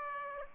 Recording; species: mosquito wingbeat signal from an infrared sensor; Aedes aegypti